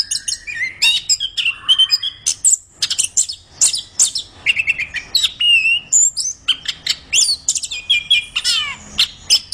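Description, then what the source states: Orange-headed thrush with a long, fast, varied song of chirps, slurred whistles and trills, phrases tumbling one after another in nearly continuous sequence. Singing persistently and loudly (gacor).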